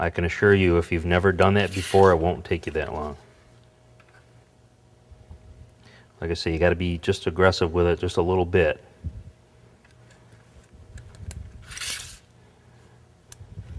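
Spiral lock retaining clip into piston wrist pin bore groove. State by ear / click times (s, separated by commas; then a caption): not seated / none. A steel spiral lock retaining clip is worked aggressively by hand into the groove of an aluminum piston wrist pin bore, for a turbo "S71" Oldsmobile engine build. Someone talks between faint handling sounds and a few sharp ticks, with music briefly audible. The clip has not yet snapped into its groove; nothing has seated by the end.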